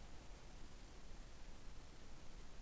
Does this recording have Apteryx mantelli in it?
no